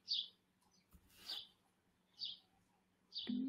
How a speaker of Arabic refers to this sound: طيب، اللي بقول لك خلي شباك مفتوح، صوت العصافير جميل، وأيد، خلينا في أجواء طبيعية.